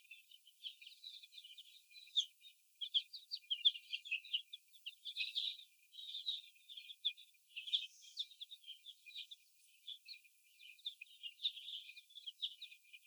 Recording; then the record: young laying hens in a cage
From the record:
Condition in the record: before the stressor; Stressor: sudden umbrella opening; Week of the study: 2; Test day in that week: 1